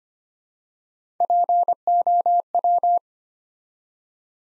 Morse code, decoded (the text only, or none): POW